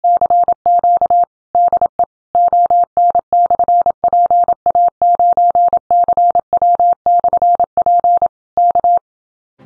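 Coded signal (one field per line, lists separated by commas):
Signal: Morse code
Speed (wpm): 27 wpm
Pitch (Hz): 700 Hz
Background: none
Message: CQ DE ON/PA9CW/P K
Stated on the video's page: Park activation (POTA-style reference) in Morse.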